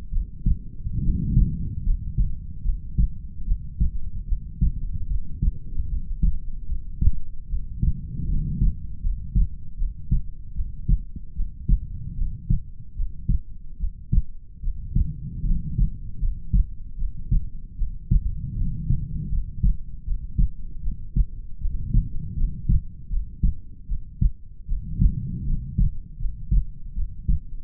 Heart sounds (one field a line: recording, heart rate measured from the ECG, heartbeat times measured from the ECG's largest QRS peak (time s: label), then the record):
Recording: heart sounds by stethoscope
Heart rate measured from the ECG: 76 bpm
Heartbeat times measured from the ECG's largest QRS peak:
0.11 s: heartbeat
1.01 s: heartbeat
1.83 s: heartbeat
2.63 s: heartbeat
3.45 s: heartbeat
4.26 s: heartbeat
5.07 s: heartbeat
5.88 s: heartbeat
6.67 s: heartbeat
7.48 s: heartbeat
8.27 s: heartbeat
9.01 s: heartbeat
9.77 s: heartbeat
10.54 s: heartbeat
11.34 s: heartbeat
12.15 s: heartbeat
12.94 s: heartbeat
13.78 s: heartbeat
14.61 s: heartbeat
15.44 s: heartbeat
16.20 s: heartbeat
16.97 s: heartbeat
17.76 s: heartbeat
18.55 s: heartbeat
19.29 s: heartbeat
20.03 s: heartbeat
20.81 s: heartbeat
21.59 s: heartbeat
22.35 s: heartbeat
23.08 s: heartbeat
23.87 s: heartbeat
24.66 s: heartbeat
25.45 s: heartbeat
26.17 s: heartbeat
26.94 s: heartbeat
From the record:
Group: healthy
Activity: rest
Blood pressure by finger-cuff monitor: 79/58 mmHg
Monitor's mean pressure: 66 mmHg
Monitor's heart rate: 75 bpm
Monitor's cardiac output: 5.3 L/min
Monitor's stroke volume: 72 mL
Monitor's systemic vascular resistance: 870 dyn s/cm5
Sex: female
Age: 22 years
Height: 160 cm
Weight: 45 kg